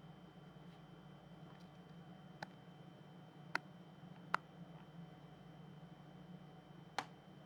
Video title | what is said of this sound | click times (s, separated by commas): Don't Buy a ZFold 8 Case Until You See This | All right, it's going to snap into place. | 3.6 s, 4.3 s